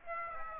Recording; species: mosquito wingbeat signal from an infrared sensor; Aedes aegypti